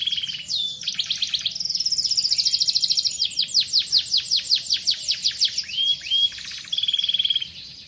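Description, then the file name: Canary song with rapid trills and a sustained buzzy note, then a long series of downslurred sweeps, ending with a short trill. "kicauan kenari van hellsing. omkicau"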